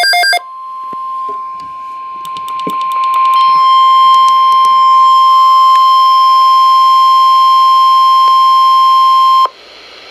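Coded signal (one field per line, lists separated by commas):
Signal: Emergency Alert System (SAME) tones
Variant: 1050 Hz attention tone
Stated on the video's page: EAS alert received on a Midland EH55VP weather radio.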